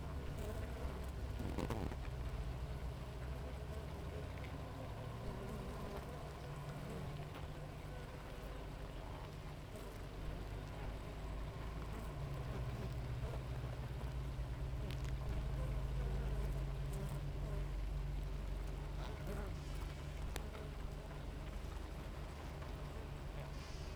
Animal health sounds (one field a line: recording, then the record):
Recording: honeybee colony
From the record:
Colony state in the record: active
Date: 28 July 2017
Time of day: 7:22